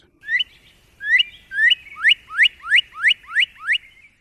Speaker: you hear a cardinal singing outside your door today, and there's every chance that you will, step outside and reappreciate it.